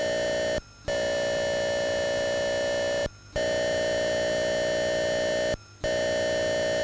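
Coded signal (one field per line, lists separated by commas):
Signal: computer data on cassette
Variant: Atari 8-bit cassette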